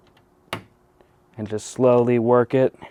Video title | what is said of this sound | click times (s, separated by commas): Best Exterior Mod for a 4th Gen 4Runner? TRD Style Grille Install | them up, and then we'll take our pliers here and they'll just kind of snap into place. | 0.5 s